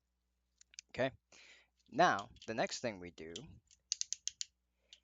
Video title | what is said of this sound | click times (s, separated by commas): X-bot GS 11 review Macross | slides up and locks into place. | 0.8 s